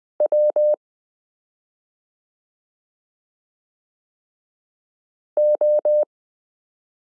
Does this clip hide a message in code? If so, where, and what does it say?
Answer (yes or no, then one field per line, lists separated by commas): yes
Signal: Morse code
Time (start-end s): 0.2-6.0 s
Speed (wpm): 20 wpm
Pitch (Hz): 600 Hz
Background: none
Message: W O